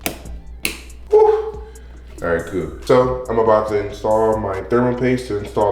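A second memory module is pushed into its motherboard DIMM slot, and it seats with sharp latch clicks at 0.1 s and 0.7 s. Someone then talks over a quiet background.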